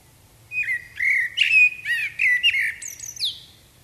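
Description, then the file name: Common blackbird singing one continuous phrase of rich fluted notes that rises into thin, squeaky high twitters at the end. "Turdus merula"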